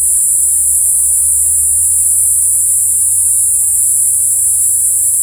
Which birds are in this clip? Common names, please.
none